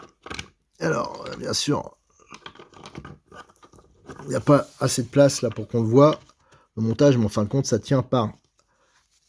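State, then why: Not seated. A plastic cover is being fitted onto the rear axle housing of an RC car during assembly, while someone talks over light handling clicks and rustles. Nothing has snapped into place or seated yet by the end of the clip.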